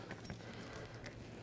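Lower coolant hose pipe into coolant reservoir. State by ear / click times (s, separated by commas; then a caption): not seated / none. The plastic quick-connect lower coolant pipe is being handled and slid toward the coolant reservoir port on a 2007–2013 Mini Cooper S during a turbocharger replacement. Two brief, faint ticks of handling at about 0.1 and 0.3 s sit over a steady low hum. Nothing has seated or clicked yet.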